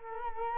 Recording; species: mosquito wingbeat signal from an infrared sensor; Culex quinquefasciatus